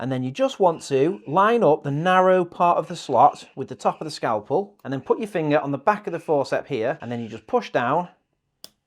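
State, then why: Seated. Someone talks while lining up the narrow part of the slot on a number 11 scalpel blade, held in forceps, with the top of the metal scalpel handle, then pushes down. At 8.6 s a short, sharp snap is heard as the blade seats firmly onto the handle.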